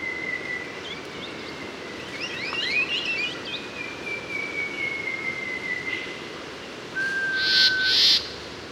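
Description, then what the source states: Mangrove robin drawn-out whistle, long and slowly falling, then a shorter pure note; scratchy chirps and two rough bursts near the end. Papua New Guinea.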